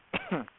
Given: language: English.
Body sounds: throat vibration sensor signal played as sound; cough

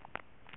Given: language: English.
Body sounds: throat vibration sensor signal played as sound; swallow

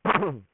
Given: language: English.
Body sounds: throat vibration sensor signal played as sound; throat clearing

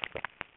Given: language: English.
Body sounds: throat vibration sensor signal played as sound; swallow

